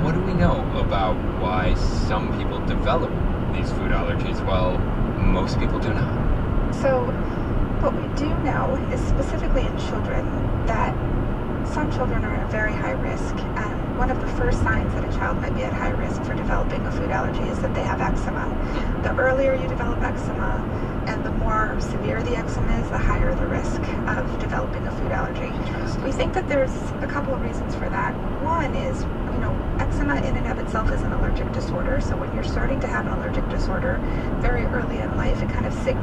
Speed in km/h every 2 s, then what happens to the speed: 113, 113, 111, 108, 105, 105, 105, 105, 103, 103, 103, 101, 103, 103, 103, 103, 103, 103.
0-8 slows to 105. 8-36 steady at about 103.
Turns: none.